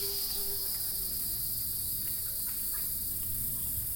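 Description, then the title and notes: Cicadas in a steady, shrill buzzing chorus, an unbroken high hiss throughout, with a low rumble of background noise beneath. Several cicadas recorded in summer at Itanhangá, Rio de Janeiro, Brazil, using a Zoom H4n recorder. "Itanhangá, Rio de Janeiro - State of Rio de Janeiro, Brazil - cicadas. recording cicadas at the summer"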